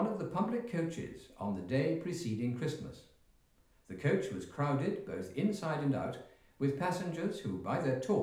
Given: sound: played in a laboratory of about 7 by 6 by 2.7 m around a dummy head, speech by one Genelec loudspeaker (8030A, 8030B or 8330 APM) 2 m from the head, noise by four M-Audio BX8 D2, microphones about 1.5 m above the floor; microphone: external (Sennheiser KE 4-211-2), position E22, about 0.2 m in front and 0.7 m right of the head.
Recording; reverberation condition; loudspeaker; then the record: male speech in English; medium; in front (0 degrees)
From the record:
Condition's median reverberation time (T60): about 510 ms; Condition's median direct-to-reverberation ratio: about -0.5 dB